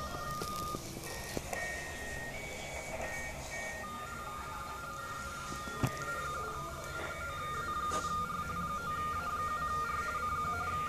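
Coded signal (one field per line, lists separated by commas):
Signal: RTTY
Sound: rapid warbling between two close tones over noisy background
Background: radio static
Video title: RTTY con Commodore 128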